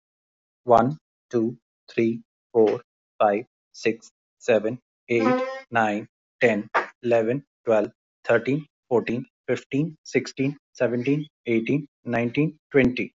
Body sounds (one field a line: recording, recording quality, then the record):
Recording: counting at a normal pace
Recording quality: moderate, slight background noise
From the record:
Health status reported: healthy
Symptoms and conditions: none ticked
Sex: male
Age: 44 years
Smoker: not ticked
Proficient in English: yes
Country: India